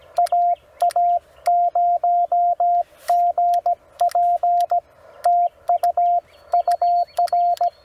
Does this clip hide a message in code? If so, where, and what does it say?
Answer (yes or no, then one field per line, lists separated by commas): yes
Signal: Morse code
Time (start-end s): 0.2-7.7 s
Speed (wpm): 17 wpm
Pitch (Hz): 700 Hz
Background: radio noise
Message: AA0GP TU UR